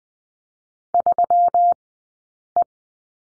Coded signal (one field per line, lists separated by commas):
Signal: Morse code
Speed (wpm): 20 wpm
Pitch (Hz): 700 Hz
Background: none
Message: 3E